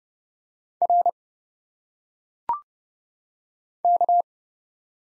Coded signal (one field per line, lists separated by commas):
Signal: Morse code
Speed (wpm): 29 wpm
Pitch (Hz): 700 Hz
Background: none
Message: R K